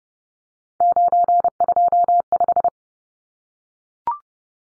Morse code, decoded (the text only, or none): 925